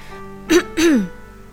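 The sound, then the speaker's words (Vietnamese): Two quick throat clears in succession, the first short and the second longer, its voiced rasp sliding downward in pitch, with quiet stillness before and after; the characters Bạch Ngọc Đường and Ân Hầu clear their throats in unison. “Bạch Ngọc Đường cùng Ân Hầu đồng thanh ho khan một tiếng.”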